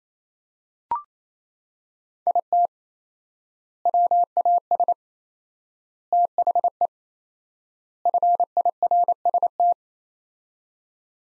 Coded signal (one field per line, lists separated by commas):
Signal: Morse code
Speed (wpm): 28 wpm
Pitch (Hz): 700 Hz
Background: none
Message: IT WAS THE FIRST